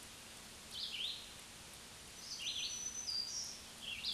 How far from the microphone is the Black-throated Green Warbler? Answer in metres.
about 25 m